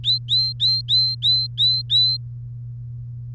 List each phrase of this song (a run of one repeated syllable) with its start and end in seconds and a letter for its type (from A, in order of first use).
0.04-2.17 A